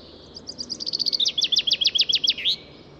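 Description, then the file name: Common chaffinch song: a fast high trill leading into a run of bright, strong notes, ending in a short flourish. "Fringilla coelebs"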